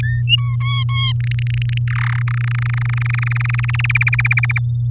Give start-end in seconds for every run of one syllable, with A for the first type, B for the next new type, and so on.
0.02-0.23 A, 0.27-0.56 B, 0.60-1.12 C, 1.20-1.78 D, 1.88-2.22 E, 2.28-3.92 F, 3.94-4.59 G